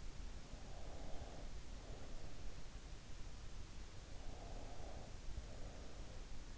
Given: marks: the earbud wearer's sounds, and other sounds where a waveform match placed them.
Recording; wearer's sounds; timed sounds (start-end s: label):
sounds in sleep by an in-ear microphone; breath
0.60-2.86 s: breath
4.15-6.52 s: breath